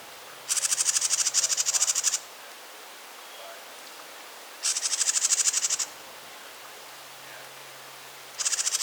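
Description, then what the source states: House wren song: rattling, buzzy phrases of fast, uniform pulses lasting over a second, repeated every few seconds; a faint low hum runs underneath. Western subspecies Troglodytes aedon parkmanii.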